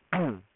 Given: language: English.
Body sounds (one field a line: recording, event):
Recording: throat vibration sensor signal played as sound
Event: throat clearing